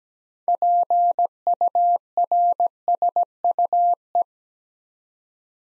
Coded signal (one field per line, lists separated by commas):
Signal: Morse code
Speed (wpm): 17 wpm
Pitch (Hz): 700 Hz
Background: none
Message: PURSUE